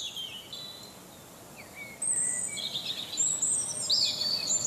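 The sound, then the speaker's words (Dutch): A robin sings in high, thin warbling phrases, quiet at first and then brighter, with short trills and sweet whistles over a soft, steady background hiss. No one speaks. “Mogelijk omdat het roodborstje eerder stopt in het seizoen, of de tijdstippen van zingen worden anders.”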